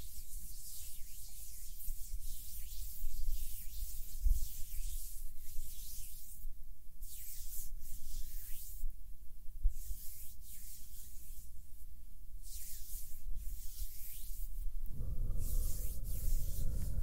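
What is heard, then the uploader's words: Soft hand movements rub and brush in repeated hissy strokes, then a low rumbling hum with a steady tone begins near fifteen seconds. HAND SOUNDS + SOFT HAND MOVEMENS.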